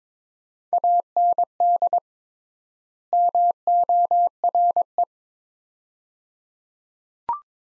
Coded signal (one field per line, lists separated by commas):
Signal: Morse code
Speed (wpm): 22 wpm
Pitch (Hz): 700 Hz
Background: none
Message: AND MORE